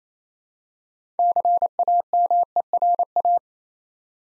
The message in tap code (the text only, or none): none